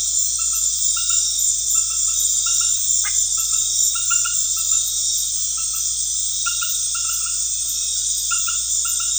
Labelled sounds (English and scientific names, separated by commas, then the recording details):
none
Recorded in pastures near Puerto Asís, Putumayo, Colombia, on 4 March 2025 at 19:30
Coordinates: 0.502, -76.324
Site GP07